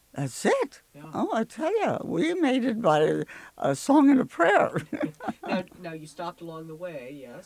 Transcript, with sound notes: That's it, I tell you. We made it by a song and a prayer. (she laughs)
Now, now you stopped along the way.